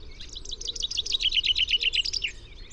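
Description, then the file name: Common chaffinch song, a rapid rattling series of bright notes that steps downward in pitch and finishes with a brief flourish. "Fringilla coelebs"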